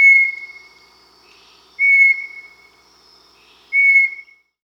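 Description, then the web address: Bartlett's Tinamou song: pure, steady whistled notes, each starting loud then fading and slightly trailing off, repeated about every two seconds in a quiet background. South America. "S America Bartlett's Tinamou (Crypturellus"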